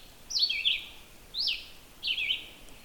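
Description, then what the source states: Red-eyed Vireo song: three short, high, slurred whistled phrases separated by brief pauses, with faint background noise. Male in July, probably feeding young; sings continuously, almost all day long, in loud question-like phrases with pauses.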